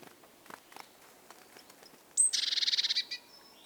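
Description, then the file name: Great tit churring call: a high thin note opens a rapid rattle of harsh buzzy pulses lasting about a second, after faint scattered clicks. "Parus major"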